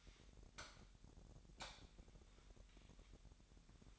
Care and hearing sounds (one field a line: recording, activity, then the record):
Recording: daily activity, microphone in the room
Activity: light on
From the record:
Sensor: 3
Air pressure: 1011.9 hPa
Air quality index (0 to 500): 234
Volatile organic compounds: 5 ppm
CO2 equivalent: 1736 ppm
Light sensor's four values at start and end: 14/34/14/15 and 17/43/18/18